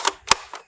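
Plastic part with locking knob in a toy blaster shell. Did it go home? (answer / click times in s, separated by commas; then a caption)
yes / 0.3 s. A small plastic knob on a part of a modded foam-dart flywheel blaster (Nerf Mega Motostryke) locks into place in the toy blaster shell during reassembly. A sharp plastic click sounds at 0.3 s, between softer clicks just before and after. The part is seated.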